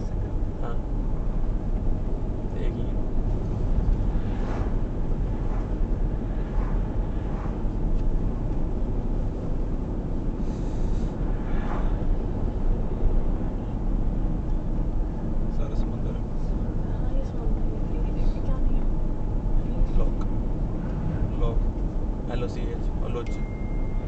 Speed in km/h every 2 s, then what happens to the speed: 53, 55, 56, 56, 58, 61, 60, 58, 56, 56, 55, 56.
0-10 speeds up to 61. 10-24 steady at about 56.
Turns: none.